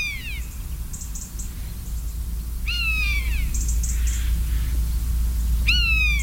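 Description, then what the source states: Common Buzzard mewing: three drawn-out, down-slurred mewing cries with rich overtones, spaced a few seconds apart, over a steady low hum. One or two birds heard during a walk.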